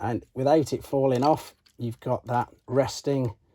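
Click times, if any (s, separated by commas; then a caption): none. Someone talks while fitting a plastic circular cannon/shield accessory onto the arm of a Transformers 2007 movie deluxe Jazz action figure. Only speech is heard, and the part has not yet seated or clicked into place.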